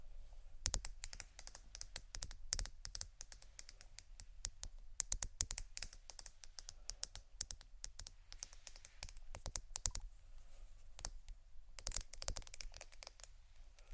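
Crystals clink and tap in a rapid, irregular stream of sharp, bright clicks that resembles typing. Louder clusters stand out near 1, 2.5, 5 and 12 seconds, over a faint, steady low hum and a thin high whine.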